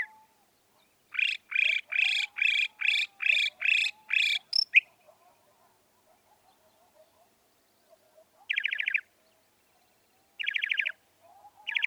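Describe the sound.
Northern mockingbird song: a run of several harsh, evenly spaced notes, then a pause and three separate buzzy rattling phrases.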